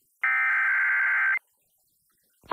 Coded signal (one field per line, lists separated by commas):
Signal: Emergency Alert System (SAME) tones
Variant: header bursts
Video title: December Tornado Trouble... - EAS alerts of 12/28 (EAS #1,856-1,903)